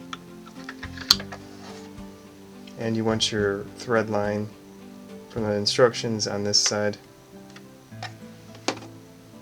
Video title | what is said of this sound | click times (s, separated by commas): How to wind a bobbin on the Brother CS-6000i sewing machine! | thing here is where you put your thread get to pull it out locks into place | 1.1 s